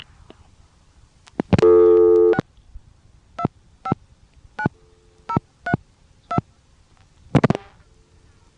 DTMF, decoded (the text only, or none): 6259032